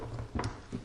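An AR-15's upper receiver is closed onto the lower, and its metal retaining pin is pushed back in. Low handling noise gives way to a light thud or click at 0.4 s as the pin seats, with a softer knock near 0.7 s.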